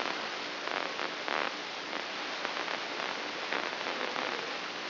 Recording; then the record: brain microelectrode recording played as sound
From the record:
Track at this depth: outside the subthalamic nucleus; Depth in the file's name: 8.704 mm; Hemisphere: left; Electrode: 3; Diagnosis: Parkinson's disease